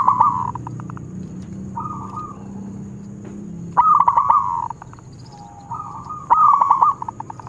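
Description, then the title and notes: Zebra dove song: several cooing phrases with rattled note bursts, the loudest at the start, middle and end, over a low constant hum. Zebra dove (perkutut) singing actively (gacor); long-duration lure recording (pancingan). "Pancingan Perkutut Durasi Panjang. Suara Burung Perkutut Gacor"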